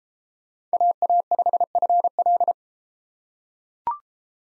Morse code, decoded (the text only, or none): AA5FL